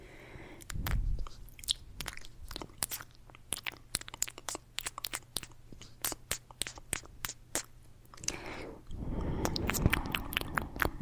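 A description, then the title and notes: Intense mouth sounds: rapid wet clicks and crunchy chewing snaps fire irregularly across the whole clip, dense and sharp. A low steady hum runs underneath until about eight seconds, when a breathy rustle swells and the clicking thickens toward the end. ASMR Intense Mouth Sounds with New Mic.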